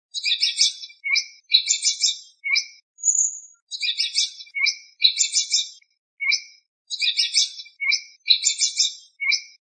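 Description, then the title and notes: Songbird singing a high, scratchy warbled phrase of rapid chirps, repeated a few times in the same pattern, with a single brief pure whistle after the first phrase. Indonesia. "Kumpulan Kicau Burung Indonesia"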